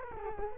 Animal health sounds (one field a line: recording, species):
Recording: mosquito wingbeat signal from an infrared sensor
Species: Culex quinquefasciatus